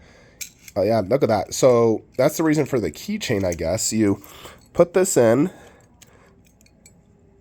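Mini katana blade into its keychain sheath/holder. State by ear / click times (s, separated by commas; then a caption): not seated / none. Someone talks while handling a small metal miniature katana blade, guiding it toward its keychain sheath holder. Only a few faint handling ticks follow near the end. The blade has not yet snapped into the holder, and nothing has seated or clicked.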